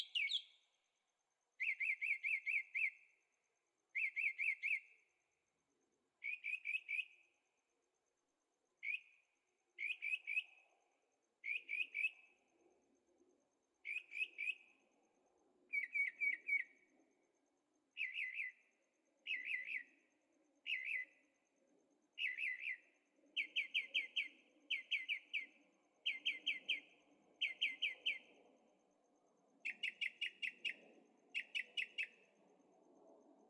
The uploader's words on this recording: Birds at Night, Carefree Arizona. Birds singing with the occasional motorcycle in the distance. Recording made with Zoom H6, Stereo Microphones.